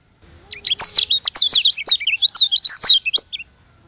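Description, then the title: White-eye singing a fast, high-pitched twittering phrase of slurred chirps lasting about three seconds. From Lombok. "Plecir3un. Suara burung pleci lombok"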